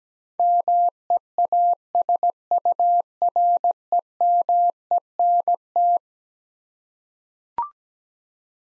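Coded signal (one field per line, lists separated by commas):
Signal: Morse code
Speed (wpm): 17 wpm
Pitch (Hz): 700 Hz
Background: none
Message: MEASUREMENT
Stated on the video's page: Eleven-letter words sent as a head-copy drill, each sent in Morse, spoken, then sent again.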